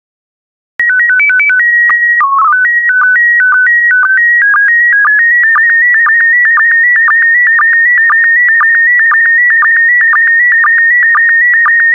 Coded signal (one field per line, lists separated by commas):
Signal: SSTV (slow-scan television)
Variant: PD 120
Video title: 16094 Rural Africa SSTV PD120